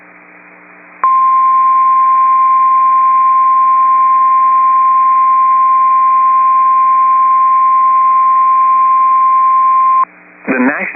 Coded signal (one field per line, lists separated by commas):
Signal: Emergency Alert System (SAME) tones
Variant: 1050 Hz attention tone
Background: speech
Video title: Severe Thunderstorm Warning (Morton County, ND) (8/28/24) [EAS #24]